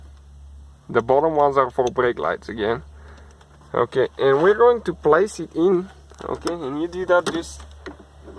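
Someone talks while handling the plastic bulb holder carrying a new turn-signal bulb, lining it up to be placed into the rear taillight housing of a BMW 3-Series (E90/E92). A few brief handling noises are heard between the talking, but the holder has not yet locked in and nothing has seated or clicked yet.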